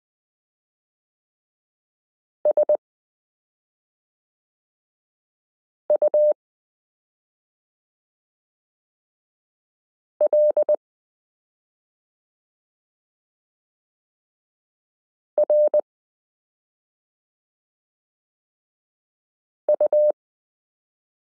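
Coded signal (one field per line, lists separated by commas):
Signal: Morse code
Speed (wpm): 20 wpm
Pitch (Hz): 600 Hz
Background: none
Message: S U L R U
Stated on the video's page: Morse listening lesson 8 of a Koch-method course, using the characters m k r s u a p t l.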